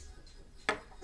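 A magnetic back plate on a Sigelei Spark vape box mod body is brought near, and the magnets pull it home without a full push. It snaps shut with a single sharp click at 0.7 s, broadband and loud against a quiet low background. The plate is seated.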